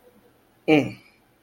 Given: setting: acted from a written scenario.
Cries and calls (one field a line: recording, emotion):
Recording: vocal sound without words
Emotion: contempt